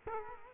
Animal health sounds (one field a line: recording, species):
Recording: mosquito wingbeat signal from an infrared sensor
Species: Culex quinquefasciatus